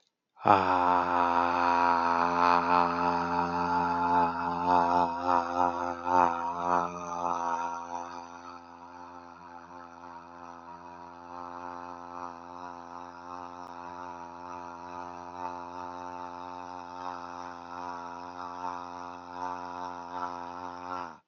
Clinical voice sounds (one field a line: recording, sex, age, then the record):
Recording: vowel held as long as possible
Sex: male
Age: 40 to 49 years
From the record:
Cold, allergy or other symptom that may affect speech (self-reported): no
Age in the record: 47 years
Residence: Florida, United States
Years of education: 18